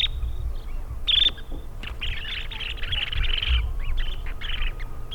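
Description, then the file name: Dunlin twittering: a few separate sharper calls, then a dense burst of buzzy trilled notes, with a low rumbling background. "Bonte Strandloper Calidris alpina"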